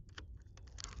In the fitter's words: there's that's clicked and then